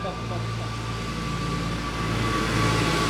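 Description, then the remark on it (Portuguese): A tractor passing on national road 343 (Estrada Nacional 343) rumbles past, its engine a steady low drone with a faint tonal whine on top, swelling slightly louder toward the end of the few seconds. “Foi mais um trator que acabou de passar na Estrada Nacional.”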